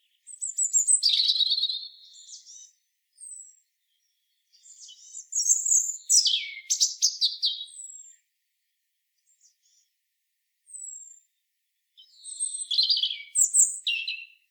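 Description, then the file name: European robin singing three separate high, varied phrases over about fourteen seconds, each a mix of thin whistles and rapid twittering, with faint isolated notes and pauses between them. "Erithacus rubecula"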